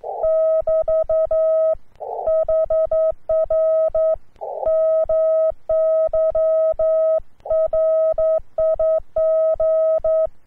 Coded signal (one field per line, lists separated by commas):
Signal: Morse code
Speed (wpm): 10 wpm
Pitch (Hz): 1280 Hz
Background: none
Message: <BT> HR MY RIG